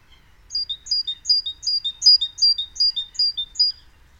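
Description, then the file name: Great tit song, clear high notes repeated in an even rhythm, roughly three phrases per second, over quiet background. "Parus major"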